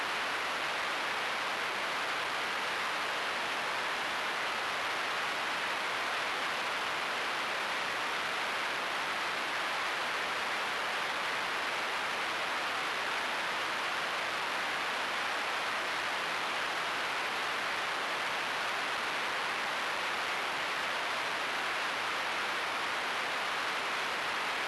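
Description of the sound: A steady, unbroken hiss lasts about 25 seconds with no rhythm or pauses, strongest in the middle to upper pitches. It is a simulated noise-like tinnitus sound, imitating the constant rushing or hissing some people hear in their ears.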